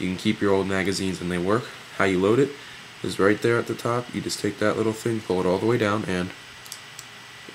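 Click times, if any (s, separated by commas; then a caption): 6.7 s, 7.0 s. Someone talks while pulling the spring follower on a Crosman C11 BB magazine, which also fits a Smith and Wesson M&P 40 CO2 air pistol, all the way down for loading. After the talking stops, two short sharp clicks are heard at 6.7 s and 7.0 s as the follower clicks into place and holds, seated.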